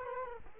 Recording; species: mosquito wingbeat signal from an infrared sensor; Culex quinquefasciatus